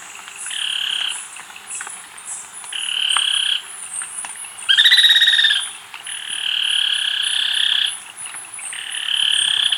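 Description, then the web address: Spillmann's tapaculo: several buzzy trilled rattles, one at a slightly higher pitch, with high insect-like whines in the background. Ecuador. "Birds of Ecuador 2. Spillmann's Tapaculo"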